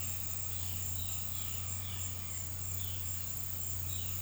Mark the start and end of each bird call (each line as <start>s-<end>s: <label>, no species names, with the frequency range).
0.00s-4.16s: bird call (1.9-4.1 kHz)